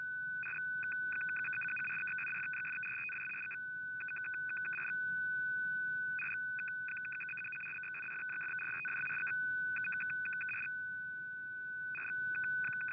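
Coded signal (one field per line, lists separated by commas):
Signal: numbers station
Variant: F06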